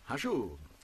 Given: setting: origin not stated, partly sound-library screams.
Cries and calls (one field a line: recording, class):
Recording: one-second piece from a danger detection set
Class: normal situation